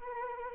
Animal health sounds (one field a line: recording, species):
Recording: mosquito wingbeat signal from an infrared sensor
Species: Anopheles arabiensis